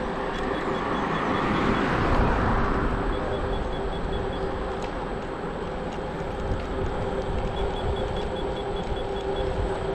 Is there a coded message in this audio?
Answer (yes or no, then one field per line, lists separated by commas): no